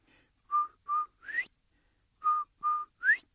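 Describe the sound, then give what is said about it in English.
A quail-like whistle repeated twice: two steady mid-pitched notes followed by a rising, upslurred note, with a pause between the phrases. A human voice appears to be imitating the bird call. “No, Quail's gone. And so is his beautiful whistle. And way off in the distance, he hears that beautiful sound.”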